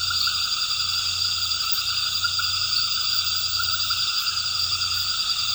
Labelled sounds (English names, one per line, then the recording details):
none
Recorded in pastures near Puerto Asís, Putumayo, Colombia, on 8 March 2025 at 19:30
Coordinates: 0.472, -76.329
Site G074